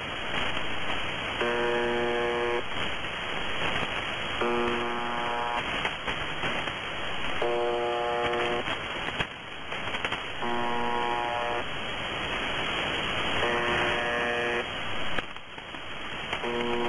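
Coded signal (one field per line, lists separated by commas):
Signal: channel marker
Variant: UVB-76 (The Buzzer)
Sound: short harsh buzzes about once every two and a half seconds, roughly six, through static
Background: radio static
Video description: MDZhB buzzing like it always fucking does.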